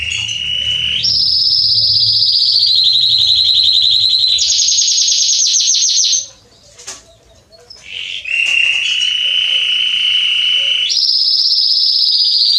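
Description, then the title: Canary with long rolling trills held at different pitches, shifting up and down, broken by a short quiet gap before the song resumes. Male singing a lot, used to warm up and train young canaries. "Canary Training Esquente Seu Filhote E Canario Belga Macho Cantando Muito. CANTO DO CANRIO"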